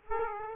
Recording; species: mosquito wingbeat signal from an infrared sensor; Aedes aegypti